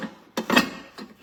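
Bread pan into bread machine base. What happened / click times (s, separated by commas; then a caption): The metal pan locked into its base / 0.4 s. A removable metal bread pan with a small handle is wiggled into the base of a bread machine until it locks into place. A sharp click at 0.4 s marks it seating, followed by a brief scraping rattle of metal and a few softer knocks. The pan is locked in.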